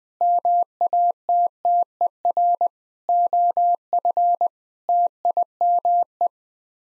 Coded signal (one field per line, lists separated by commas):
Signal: Morse code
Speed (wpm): 21 wpm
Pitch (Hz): 700 Hz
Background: none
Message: MATTER OF TIME